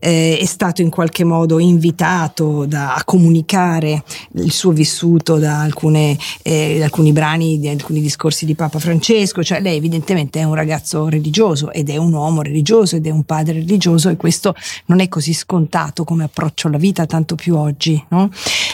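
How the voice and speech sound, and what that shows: A man speaks Italian in a steady, fluent interview style, with a mid-low pitch, smooth clear voicing and brief natural pauses. The voice has no hoarseness, breathiness or articulation problems. This is ordinary conversational speech.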